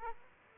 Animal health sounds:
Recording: mosquito wingbeat signal from an infrared sensor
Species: Aedes aegypti

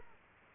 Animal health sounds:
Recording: mosquito wingbeat signal from an infrared sensor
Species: Aedes aegypti

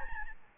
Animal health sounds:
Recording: mosquito wingbeat signal from an infrared sensor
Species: Aedes albopictus

